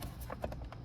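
The right half of a plastic trim cover is pushed into the interior panel of a Maserati Ghibli during a dash cam install. A series of sharp clip snaps is heard at 0.0, 0.3, 0.4 and 0.7 seconds. The trim cover is seated, with its clips snapped in place.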